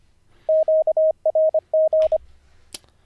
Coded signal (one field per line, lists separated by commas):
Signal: Morse code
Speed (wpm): 25 wpm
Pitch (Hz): 630 Hz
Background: none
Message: QRG